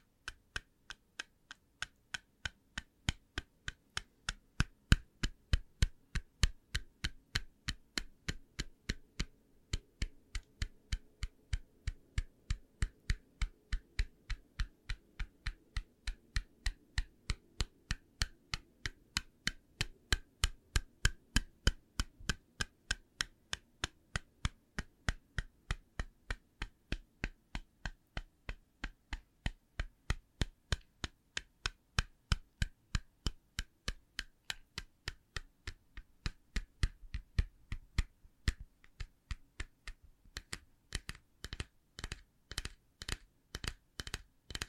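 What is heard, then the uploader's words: Sharp tapping repeats steadily for the whole span, each tap a crisp click with a dry woody edge, much like fingers on a hard surface or keys. The pace is fairly even, a few per second, with slight bursts and lulls near the end. Une session ASMR basée sur le Tapping.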